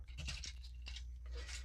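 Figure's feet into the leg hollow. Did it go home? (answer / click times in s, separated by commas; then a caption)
yes / 0.4 s, 0.9 s. The plastic feet of a small Transformers Authentics Alpha Class Wheeljack transforming robot figure are folded back on their pins into the hollow gap in the legs, with scratchy plastic rubbing and handling noise throughout. Sharp snaps at 0.4 s and 0.9 s mark the feet clicking into place, and they end up seated.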